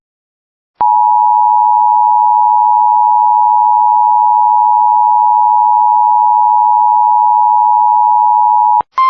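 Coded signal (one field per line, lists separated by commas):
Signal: Emergency Alert System (SAME) tones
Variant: 853 and 960 Hz attention tone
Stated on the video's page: Required weekly demo EAS alerts.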